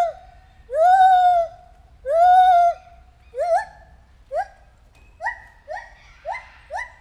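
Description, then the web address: White-handed gibbon giving two long ringing hoots, then a run of short upslurred notes. At Debrecen Zoo in 2019, during our first encounter. "allathangok debrecenizoo 2019 feherkezu gibbon elsotalalkozasunk"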